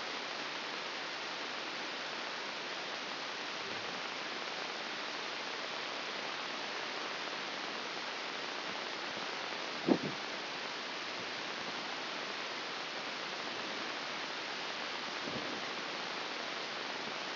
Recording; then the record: brain microelectrode recording played as sound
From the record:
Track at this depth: outside the subthalamic nucleus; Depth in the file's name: 4.898 mm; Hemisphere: left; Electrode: 2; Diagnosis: Parkinson's disease